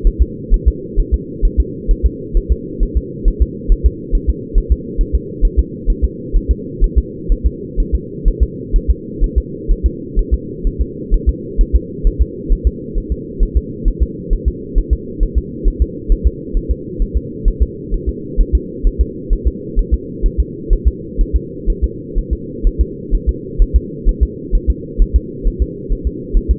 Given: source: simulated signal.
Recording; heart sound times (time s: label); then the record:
fetal heart sounds
0.07 s: S1
0.22 s: S2
0.54 s: S1
0.68 s: S2
1.00 s: S1
1.14 s: S2
1.45 s: S1
1.60 s: S2
1.91 s: S1
2.06 s: S2
2.37 s: S1
2.52 s: S2
2.83 s: S1
2.97 s: S2
3.28 s: S1
3.42 s: S2
3.72 s: S1
3.86 s: S2
4.15 s: S1
4.29 s: S2
4.58 s: S1
4.72 s: S2
5.01 s: S1
5.15 s: S2
5.45 s: S1
5.59 s: S2
5.90 s: S1
6.04 s: S2
6.36 s: S1
6.51 s: S2
6.84 s: S1
6.98 s: S2
7.32 s: S1
7.46 s: S2
7.80 s: S1
7.95 s: S2
8.28 s: S1
8.43 s: S2
8.76 s: S1
8.91 s: S2
9.24 s: S1
9.38 s: S2
9.71 s: S1
9.86 s: S2
10.19 s: S1
10.34 s: S2
10.67 s: S1
10.81 s: S2
11.14 s: S1
11.29 s: S2
11.61 s: S1
11.75 s: S2
12.07 s: S1
12.21 s: S2
12.52 s: S1
12.67 s: S2
12.98 s: S1
13.12 s: S2
13.43 s: S1
13.57 s: S2
13.88 s: S1
14.02 s: S2
14.33 s: S1
14.48 s: S2
14.78 s: S1
14.93 s: S2
15.23 s: S1
15.38 s: S2
15.68 s: S1
15.82 s: S2
16.12 s: S1
16.27 s: S2
16.57 s: S1
16.71 s: S2
17.02 s: S1
17.17 s: S2
17.48 s: S1
17.62 s: S2
17.94 s: S1
18.09 s: S2
18.41 s: S1
18.55 s: S2
18.87 s: S1
19.01 s: S2
19.33 s: S1
19.47 s: S2
19.79 s: S1
19.94 s: S2
20.26 s: S1
20.40 s: S2
20.73 s: S1
20.88 s: S2
21.21 s: S1
21.36 s: S2
21.70 s: S1
21.84 s: S2
22.18 s: S1
22.33 s: S2
22.67 s: S1
22.81 s: S2
23.14 s: S1
23.29 s: S2
23.62 s: S1
23.76 s: S2
24.09 s: S1
24.23 s: S2
24.55 s: S1
24.70 s: S2
25.02 s: S1
25.16 s: S2
25.47 s: S1
25.62 s: S2
25.92 s: S1
26.07 s: S2
26.37 s: S1
26.51 s: S2
From the record:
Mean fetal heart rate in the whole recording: 130 bpm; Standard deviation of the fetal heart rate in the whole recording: 4 bpm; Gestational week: 38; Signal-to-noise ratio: -4.1 dB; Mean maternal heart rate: no maternal heart sound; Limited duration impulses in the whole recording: absent